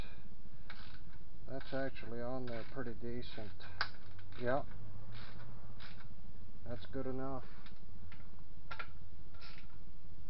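A bolt being hand-tightened into the radiator mount of a 2006 Suzuki S50 Boulevard (VS800, 800cc) motorcycle makes small mechanical ratcheting sounds while someone talks. A single sharp click is heard at 8.7 s as the bolt thread begins to strip, so tightening stops there.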